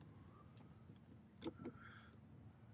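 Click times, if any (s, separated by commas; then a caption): 1.4 s. A phone in its case is released from a handlebar phone mount on a motorcycle brake/clutch bracket when the mount's release collar is pulled down. A sharp click at 1.4 s is followed by a second, softer click, and the phone comes off the bracket against a low steady background hum. Someone talks.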